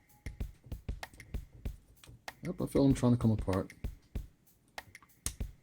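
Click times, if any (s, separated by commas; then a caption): 5.3 s. A ratcheted plastic brick connector joint is pushed home as a transforming plastic brick figure is folded back down. A series of sharp plastic clicks and clacks sounds over background music while someone talks. The joint seats fully with the loudest, sharpest click at 5.3 s.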